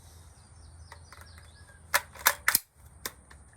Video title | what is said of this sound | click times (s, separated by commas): Norinco 84s | so you hear that click you know it's secure | 2.5 s